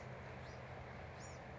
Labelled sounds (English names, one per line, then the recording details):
Bewick's Wren
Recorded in Sonoma County, California